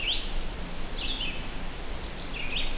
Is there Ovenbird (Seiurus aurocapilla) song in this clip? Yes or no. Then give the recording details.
no. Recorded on 23 June 2016 at 08:08. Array SBT-6-76